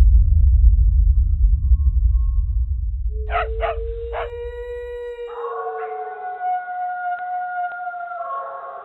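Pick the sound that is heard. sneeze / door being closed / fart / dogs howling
dogs howling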